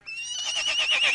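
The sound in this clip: Horse whinny, a single high, wavering neigh that holds steady and trembles slightly before growing louder toward the end.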